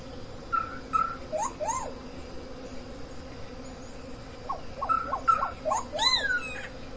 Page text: Boyero Negro (Cacicus solitarius). Guillermo Menéndez